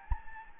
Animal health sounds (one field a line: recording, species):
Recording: mosquito wingbeat signal from an infrared sensor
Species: Anopheles gambiae